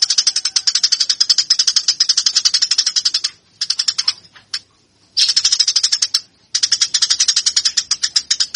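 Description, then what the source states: Eurasian tree sparrow song: fast, harsh, buzzy chirps repeated in long rapid bursts, broken by a few short pauses. Local name burung gereja; song style described as tarung, meaning fighting.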